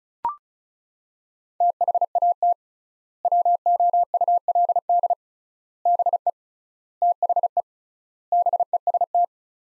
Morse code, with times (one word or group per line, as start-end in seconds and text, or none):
1.6-2.5 THAT
3.3-5.1 WOULD
5.9-6.3 BE
7.0-7.6 THE
8.3-9.2 BEST